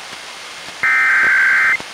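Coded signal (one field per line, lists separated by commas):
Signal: Emergency Alert System (SAME) tones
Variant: header bursts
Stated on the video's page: Child Abduction Emergency (AMBER Alert) relayed by NOAA Weather Radio station WXM62 Olympia, recorded from a Reecom R-1630 weather radio to a Zoom H1 recorder.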